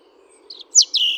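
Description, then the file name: European robin song fragment: a faint high note followed by two loud, sharp downslurred whistles. "Erithacus rubecula"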